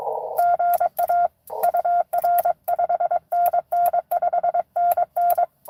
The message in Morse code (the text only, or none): GA UR 5NN 5NN